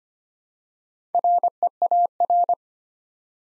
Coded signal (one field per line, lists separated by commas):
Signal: Morse code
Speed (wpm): 25 wpm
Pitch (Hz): 700 Hz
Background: none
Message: REAR